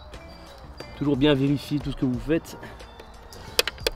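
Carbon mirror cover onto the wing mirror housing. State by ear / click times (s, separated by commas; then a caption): seated / 3.6 s, 3.7 s, 3.9 s. Someone talks while a carbon mirror cover that was not fully clipped onto a wing mirror housing is pressed home. Three sharp clip snaps ring out at 3.6, 3.7 and 3.9 s, one for each of its three clips, and the cover is seated fully home.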